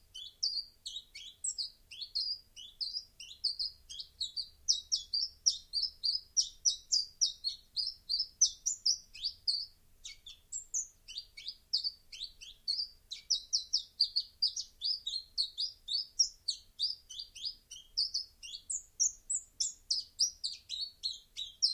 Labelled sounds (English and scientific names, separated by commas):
Common Chiffchaff (Phylloscopus collybita) song